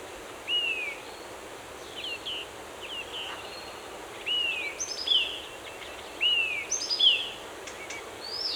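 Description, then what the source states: Bird song with a few clear whistles that rise then fall, each followed by higher sharp notes, against a faint, constant hiss. Forest.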